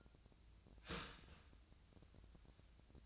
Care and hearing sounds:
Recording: daily activity, microphone in the room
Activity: start toaster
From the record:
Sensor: 2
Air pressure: 1009.1 hPa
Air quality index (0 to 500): 186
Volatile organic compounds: 11 ppm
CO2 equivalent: 2304 ppm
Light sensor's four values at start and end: 22/54/23/25 and 21/51/22/24

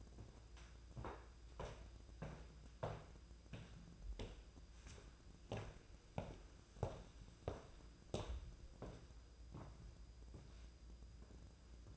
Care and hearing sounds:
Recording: daily activity, microphone in the room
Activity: walk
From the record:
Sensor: 2

